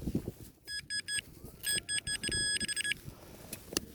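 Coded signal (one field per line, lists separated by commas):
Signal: none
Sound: metal detector beeps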